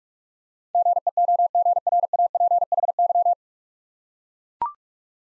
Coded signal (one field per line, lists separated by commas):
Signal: Morse code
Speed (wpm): 44 wpm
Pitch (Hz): 700 Hz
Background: none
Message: GEOGRAPHY